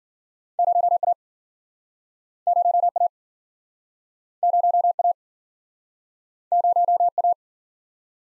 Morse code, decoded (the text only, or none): 0A 0A 0A 0A